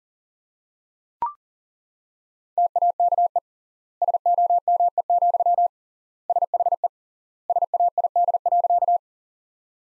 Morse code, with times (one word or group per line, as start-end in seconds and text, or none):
2.6-3.4 TAKE
4.0-5.7 SOME,
6.3-6.9 SHE
7.5-9.0 SAID.